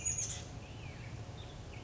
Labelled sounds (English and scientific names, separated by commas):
Chestnut-backed Chickadee (Poecile rufescens)